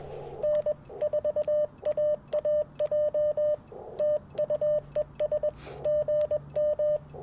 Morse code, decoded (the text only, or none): N4AAJ TU ES GM